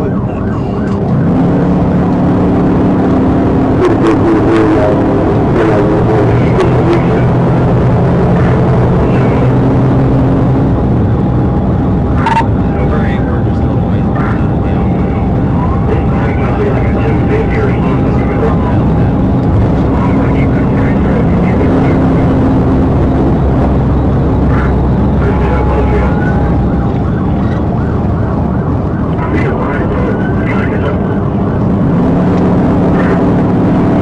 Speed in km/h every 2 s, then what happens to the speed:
134, 145, 148, 163, 164, 161, 158, 158, 163, 167, 167, 171, 163, 150, 132, 130, 135.
0-6 speeds up to 163. 6-14 steady at about 161. 14-21 speeds up to 171. 21-28 brakes to 132.